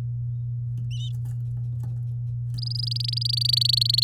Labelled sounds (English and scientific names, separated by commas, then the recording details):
Domestic Canary (Serinus canaria) song
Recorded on 8 May 2018 at 12:06
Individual llb16